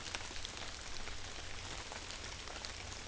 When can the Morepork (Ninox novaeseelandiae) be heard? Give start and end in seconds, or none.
none